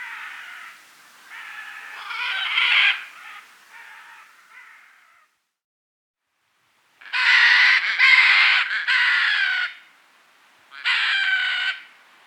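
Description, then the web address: Red-and-green macaw giving harsh, raspy squawks, a ragged series at first, then after a pause a burst of loud grating screeches and one more squawk. Recorded in Bolivia and Peru. "Birds of the Amazon. Red-and-green Macaw (Ara chloroptera), Bolivia, Peru"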